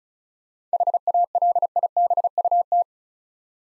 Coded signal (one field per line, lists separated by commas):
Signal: Morse code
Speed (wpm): 36 wpm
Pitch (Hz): 700 Hz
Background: none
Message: HALIBUT